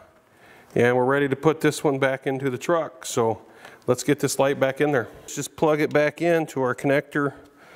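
A headlight assembly, fitted with Putco G2 Dayliner LED headlight strips, is being reinstalled into a truck, and its electrical wiring plug is being brought to its plastic headlight connector. Someone talks throughout. The clip ends before the plug goes home, so nothing has seated or clicked yet.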